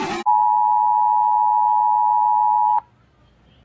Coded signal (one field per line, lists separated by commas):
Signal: Emergency Alert System (SAME) tones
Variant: 853 and 960 Hz attention tone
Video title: Mexican States EAS Alarms